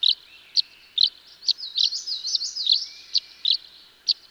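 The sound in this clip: Tree swallow gives crisp high chirps with a short liquid warbled phrase in the middle.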